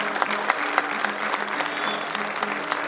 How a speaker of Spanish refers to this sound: Un aplauso para él, ¿eh?